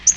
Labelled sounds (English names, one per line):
Yellow-rumped Warbler flight call